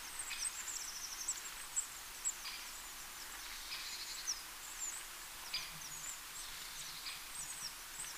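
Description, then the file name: Eurasian blue tit calls: thin, very high notes and short trilled runs, repeated throughout over steady background hiss. "Cyanistes caeruleus"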